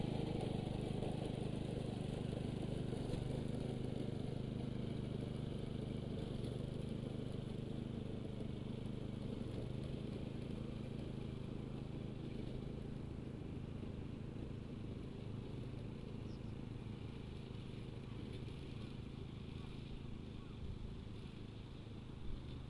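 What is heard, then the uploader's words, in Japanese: A binder rice harvester engine runs steadily, a dense low rumble with a faint rattle and little change throughout. 環境音 機械音あり 1列ずつバインダーで稲刈り。バインダーという稲刈り機で、1列ずつ稲を刈り、束にしていきます。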